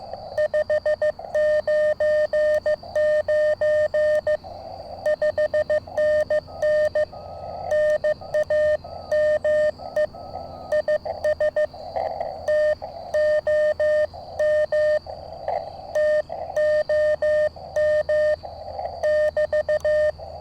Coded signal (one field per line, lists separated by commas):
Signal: Morse code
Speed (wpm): 15 wpm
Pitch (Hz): 610 Hz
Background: none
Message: 599 5NN NAME IS TOM TOM <BT>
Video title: QRP CW ~ Mountain topper QSO! MTR3B + Trail Friendly Portable Antenna